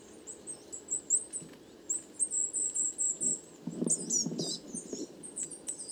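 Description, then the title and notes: Coal tits calling in a group: rapid, overlapping high squeaky notes and slurred chirps, with brief lower rustling thumps midway. Flock of over 50 coal tits; 29 September 2019, evening, Les Casses, Drôme, France; recorded in mono with a parabolic microphone; heavy handling noise. "Ronde de mésange noire. 29 septembre 2019-Les Casses - Drôme"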